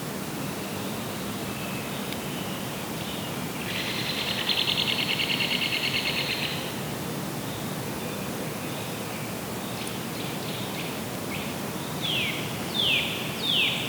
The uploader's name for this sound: Woodpeckers in the Distance